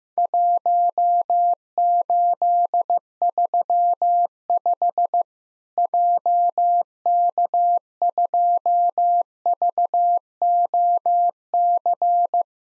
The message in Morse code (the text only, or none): 1835 JK2VOC